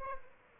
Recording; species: mosquito wingbeat signal from an infrared sensor; Aedes albopictus